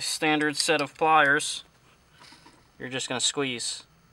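A wire tap connector on a vehicle wiring harness wire is being handled with a standard set of pliers, ready to be squeezed shut over the wire, while someone talks in two bursts with a quiet gap between them. The clip ends before the connector is clamped, so nothing has seated or clicked yet.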